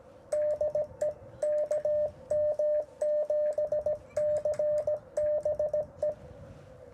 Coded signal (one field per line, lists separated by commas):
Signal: Morse code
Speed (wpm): 17 wpm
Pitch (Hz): 600 Hz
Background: radio noise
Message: DE KM7CBE